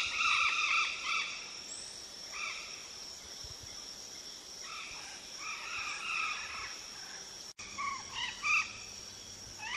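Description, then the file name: Golden parakeet calls: harsh squawks in short clusters, with scattered rasping notes between, over a continuous shrill hiss. "canto do guaruba"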